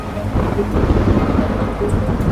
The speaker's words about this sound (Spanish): La tormenta se acerca.